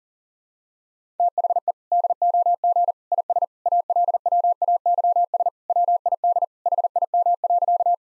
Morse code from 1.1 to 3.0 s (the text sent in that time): THE DOG